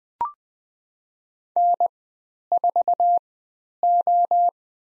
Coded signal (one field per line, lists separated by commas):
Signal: Morse code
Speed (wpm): 20 wpm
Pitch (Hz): 700 Hz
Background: none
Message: N4O